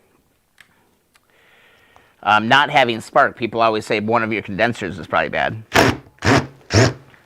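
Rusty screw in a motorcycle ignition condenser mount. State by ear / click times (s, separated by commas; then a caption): stripped / 7.1 s. Someone talks while a screwdriver turns a rusty steel screw on the ignition/condenser plate of a 1971 motorcycle, with a few faint knocks and a brief hiss before the talking starts. At 7.1 s a short, sharp scrape is heard as the screwdriver slips and the screw head strips.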